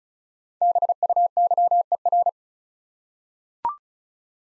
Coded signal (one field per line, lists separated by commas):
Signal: Morse code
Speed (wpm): 36 wpm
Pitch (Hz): 700 Hz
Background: none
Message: BUYER